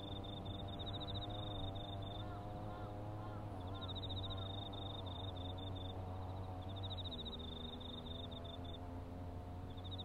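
A grass mower's engine drones steadily through the whole clip, a low humming tone that dips slightly in pitch around the seventh second. Over it, autumn insects chirp in high, rapid trills that come in bursts of about two seconds, repeating every few seconds.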